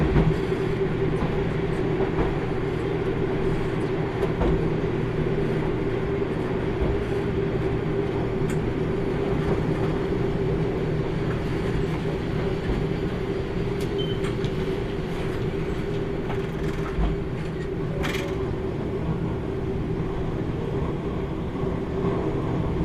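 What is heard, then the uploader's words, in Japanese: Interior of the Kyushu Odan Tokkyu No. 3 limited express running on the Hohi Line, a steady low rumble with a constant hum throughout. The loudness stays even for the whole stretch, with occasional faint clicks and a brief bright rattle around eighteen seconds. 豊肥本線 九州横断特急3号 立野→宮地。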